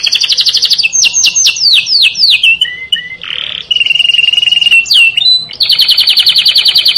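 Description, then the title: Canary song with quick descending slurred notes, a short rasping burst, a steady whistle, then a rapid dense trill to the end. "Kenari"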